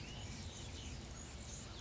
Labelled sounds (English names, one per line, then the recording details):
Anna's Hummingbird
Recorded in Sonoma County, California